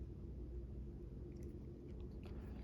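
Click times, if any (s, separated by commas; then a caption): none. The plastic case halves of a Honda Civic SmartKey remote key fob are lined up end first and held together before being squeezed shut after a battery replacement. Over a steady low rumble there are faint handling ticks, including a small tick near 1.4 s. Nothing has snapped shut yet.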